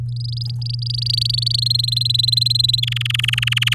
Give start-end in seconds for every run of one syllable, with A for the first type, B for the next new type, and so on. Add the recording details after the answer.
0.09-1.60 A, 1.62-2.80 B, 2.83-3.74 C. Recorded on 9 May 2018 at 10:20. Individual llb16